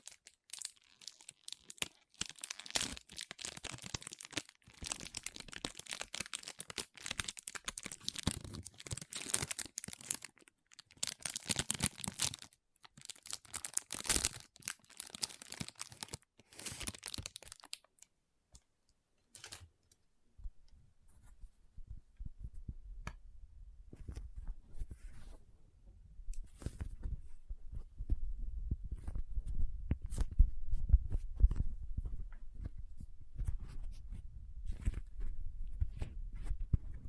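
Dry crinkling and handling sounds fill the first eighteen seconds in dense, bright bursts with short pauses. After a brief lull, the rest turns softer and duller, with low thuds, squishy presses and scattered clicks.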